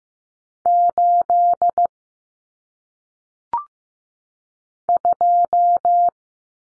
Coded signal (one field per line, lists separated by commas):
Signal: Morse code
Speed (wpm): 15 wpm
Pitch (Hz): 700 Hz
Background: none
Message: 8 2